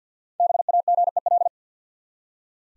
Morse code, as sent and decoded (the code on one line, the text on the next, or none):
-... .- --. . .-..
BAGEL